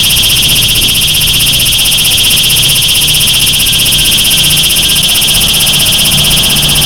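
Cicada song, a loud continuous high-pitched buzz with rapid even pulsing throughout, low rumble beneath.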